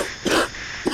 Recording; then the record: coughing mixed with background sound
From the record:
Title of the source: 60 coughing still (deep and wet cough)